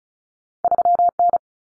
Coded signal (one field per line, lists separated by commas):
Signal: Morse code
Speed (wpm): 34 wpm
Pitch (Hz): 700 Hz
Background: none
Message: 3N